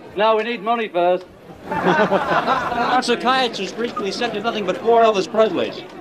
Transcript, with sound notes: No, we need money first.
(LAUGHTER)
A psychiatrist recently said you're nothing but four Elvis Presleys.